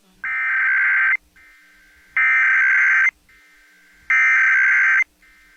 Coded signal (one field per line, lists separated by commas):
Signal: Emergency Alert System (SAME) tones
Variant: header bursts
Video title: 2016 Nationwide Emergency Alert System Test